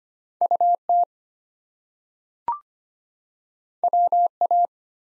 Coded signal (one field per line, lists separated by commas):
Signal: Morse code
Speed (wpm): 25 wpm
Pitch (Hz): 700 Hz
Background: none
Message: UT WA